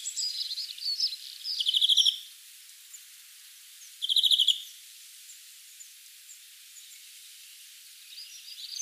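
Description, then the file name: European greenfinch twittering, then two bursts of fast rattling trills about two seconds apart, followed by quiet and faint twitters at the end. "Chloris chloris"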